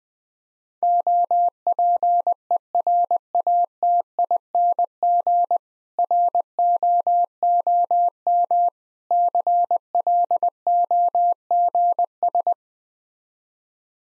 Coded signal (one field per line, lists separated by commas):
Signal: Morse code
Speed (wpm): 20 wpm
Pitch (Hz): 700 Hz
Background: none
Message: OPERATING ROOM CLOGS